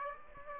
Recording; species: mosquito wingbeat signal from an infrared sensor; Aedes aegypti